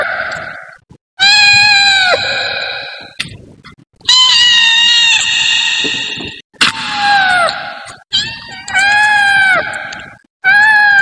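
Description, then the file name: Cat meowing: a run of loud, drawn-out harmonic meows that fall at the end, with short gaps between. "suara kucing"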